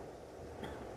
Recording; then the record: coughing mixed with background sound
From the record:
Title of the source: Coughing Man Sound - Man Cough Sound Effect